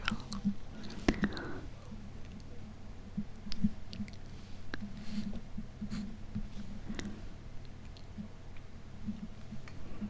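Quiet handling sounds of makeup being traced and filled in, with soft scratchy strokes and small clicks scattered through the clip. A sharper tap lands near one second and another near seven. A low steady hum sits underneath.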